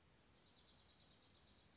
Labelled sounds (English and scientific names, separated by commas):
Dark-eyed Junco (Junco hyemalis)